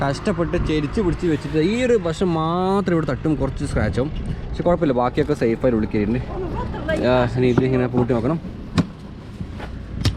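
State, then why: Seated. A storage box lid is closed onto a motorcycle-mounted top box after an oversized box has been forced into place. Someone talks for most of the clip. Two short, sharp latching hits then land at 8.8 s and 10.1 s, and the lid latches shut.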